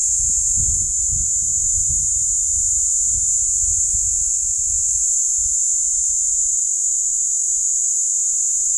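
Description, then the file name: Platypleura plumosa cicada's relentless high-pitched buzzing, even in tone, accompanied by rumbling wind that fades toward the end. Platypleura plumosa, recorded at Steytlerville. "P plumosa Steydtlerville"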